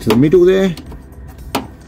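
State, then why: Seated. On a Mk6 Ford Fiesta 1.4 Ghia, the bottom fuel pipe is pressed back into its plastic retaining holder in the middle while someone talks. One sharp click is heard at 1.6 s, and the pipe seats in the clip.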